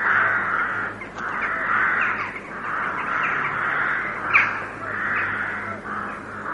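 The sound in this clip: Carrion crow giving harsh, grating caws in long drawn-out bursts, one after another almost without pause throughout.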